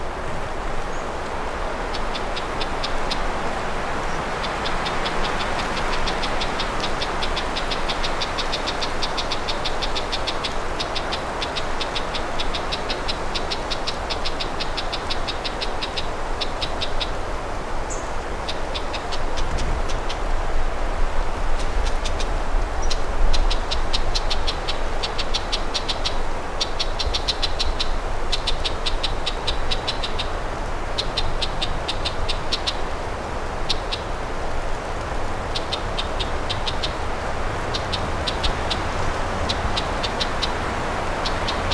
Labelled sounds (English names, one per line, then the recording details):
Red-backed Shrike call
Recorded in the wild
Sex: female
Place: Bernau bei Berlin, Probstheide, Brandenburg, DE
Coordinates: 52.7031, 13.4936
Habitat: coniferous forest
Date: 2007-07-08 14:25
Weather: partly cloudy, ca. 20°C, moderate winds
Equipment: Sound Devices 702, Sennheiser MKH 416 T, Windkorb
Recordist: Frommolt, Karl-Heinz